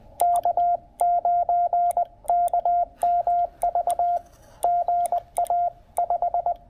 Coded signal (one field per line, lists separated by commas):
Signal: Morse code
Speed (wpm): 20 wpm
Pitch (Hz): 700 Hz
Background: none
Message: K9KMV GA 5